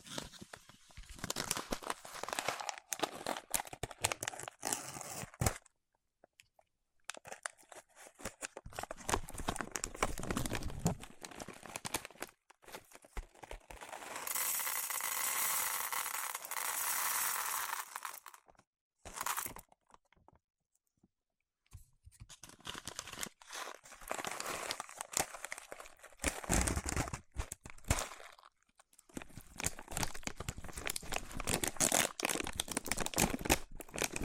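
Waxy fingertips rub and pull apart in dense bursts of sticky crackling and crinkling, broken by short silent gaps. Around the middle, a steadier, smoother hiss of rubbing runs for several seconds before the crackly, uneven bursts return.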